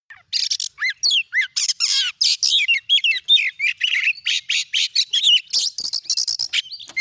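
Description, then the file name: Oriental magpie-robin singing rapid, varied phrases of sweet whistles, sliding notes and harsh buzzy chatters in quick succession. "Suara Kacer"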